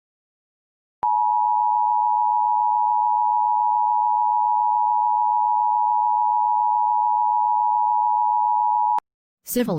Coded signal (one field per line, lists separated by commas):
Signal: Emergency Alert System (SAME) tones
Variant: 853 and 960 Hz attention tone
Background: speech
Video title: EAS Scenario: Smokey and the Bandit